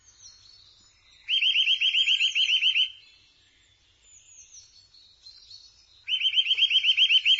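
Bird giving loud rapid trills of repeated looping notes, one burst about one and a half seconds long and a second running to the end, separated by softer thin whistles and chatter.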